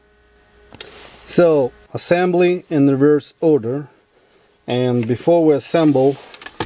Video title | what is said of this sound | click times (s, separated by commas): Mercedes-Benz W202 C280 Replacing Ashtray Light Bulb | And that's how that socket will fit in and it will click in. | 0.8 s